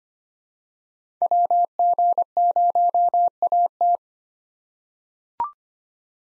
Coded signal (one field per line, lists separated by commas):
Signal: Morse code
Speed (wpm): 25 wpm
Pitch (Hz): 700 Hz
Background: none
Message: WG0AT